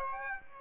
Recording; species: mosquito wingbeat signal from an infrared sensor; Aedes aegypti